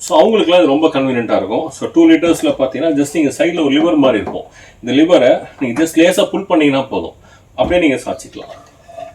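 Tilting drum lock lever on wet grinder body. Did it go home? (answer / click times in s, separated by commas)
no / none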